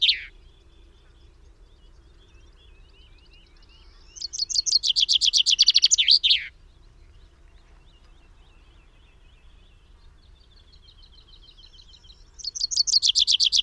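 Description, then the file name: Common chaffinch song: a loud descending series of rapid notes ending in a flourish, then a second phrase starting near the end, with faint thin high whistles between. "Fringilla coelebs"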